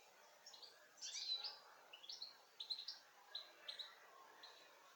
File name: Carduelis carduelis